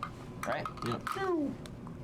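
A 30 lb fish lip-grip tool is flipped and lowered toward its cutout in a plastic (marine HDPE board) boat-mounted tool holder while people talk. Faint handling noises sound at about 1.9 s and 2.0 s, but nothing has seated or clicked yet; the tool is handled and not yet home.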